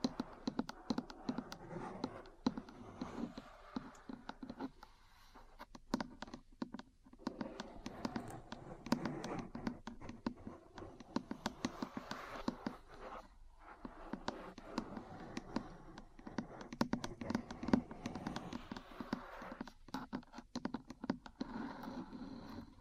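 Metal parts tap and scratch in a dense, irregular stream of sharp clicks over a rough scraping rustle. The activity barely lets up, with brief lulls near 6 and 13 seconds and a few louder, brighter knocks scattered throughout.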